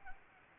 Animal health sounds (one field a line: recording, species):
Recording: mosquito wingbeat signal from an infrared sensor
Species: Anopheles arabiensis